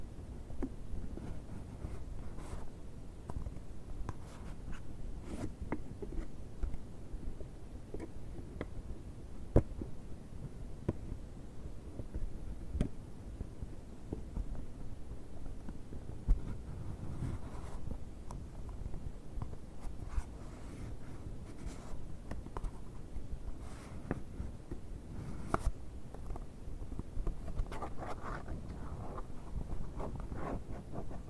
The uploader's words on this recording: ASMR BOX OPENING, BOX SCRATCHING NO TALKING.